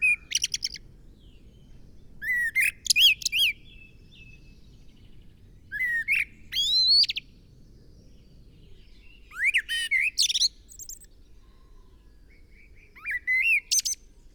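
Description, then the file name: Common blackbird song: five brief phrases of rising whistles and high chattering twitters, delivered every three to four seconds over a quiet background. "Turdus merula"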